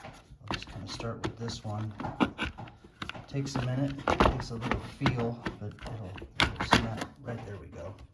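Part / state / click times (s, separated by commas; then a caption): filter part into pond pump housing / not seated / none. Someone talks while handling the plastic filter part of an ANBULL submersible pond fountain pump, pressing it back into its housing after the sponges have been put back, with short sharp handling knocks along the way. The part has not seated or snapped in yet by the end of the clip.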